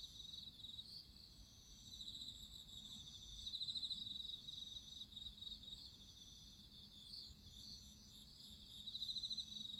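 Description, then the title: High cricket trills pulse steadily, with two louder rapid chirp bursts, over a soft low drone. Crickets singing at midnight. "Listen to nature crickets singing at midnight"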